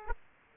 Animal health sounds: mosquito wingbeat signal from an infrared sensor; Aedes aegypti

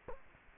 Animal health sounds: mosquito wingbeat signal from an infrared sensor; Culex quinquefasciatus

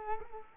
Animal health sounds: mosquito wingbeat signal from an infrared sensor; Culex quinquefasciatus

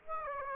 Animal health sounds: mosquito wingbeat signal from an infrared sensor; Aedes aegypti

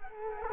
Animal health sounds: mosquito wingbeat signal from an infrared sensor; Culex quinquefasciatus

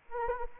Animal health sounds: mosquito wingbeat signal from an infrared sensor; Anopheles gambiae

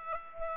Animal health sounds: mosquito wingbeat signal from an infrared sensor; Aedes aegypti

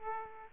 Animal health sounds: mosquito wingbeat signal from an infrared sensor; Aedes aegypti

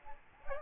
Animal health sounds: mosquito wingbeat signal from an infrared sensor; Aedes albopictus

